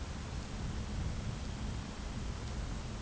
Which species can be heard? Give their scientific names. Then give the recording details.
Calidris alpina. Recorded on Arctic tundra, site ZACK-1, on 12 June 2019. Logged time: 05:49